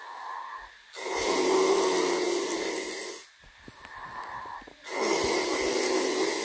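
ASMR snoring from an adult sleeper: two long, loud, rasping snores separated by a quieter breath in between.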